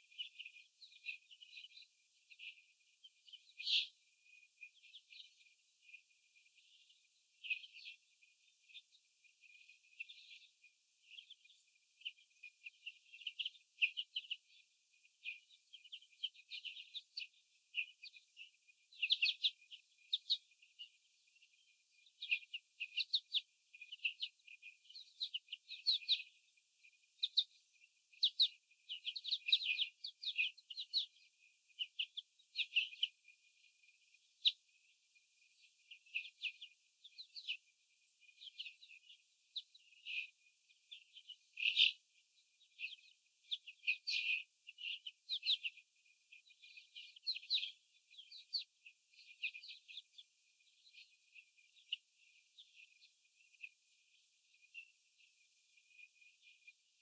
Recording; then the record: young laying hens in a cage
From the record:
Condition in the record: after the stressor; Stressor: sudden umbrella opening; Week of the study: 3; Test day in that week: 2